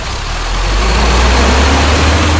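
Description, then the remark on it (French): A truck engine runs with a steady, deep rumble and a broad noisy roar on top, swelling slightly at first and then holding loud and even, with no voices. “Ouais, c'est non un 12 chevaux celui-là.”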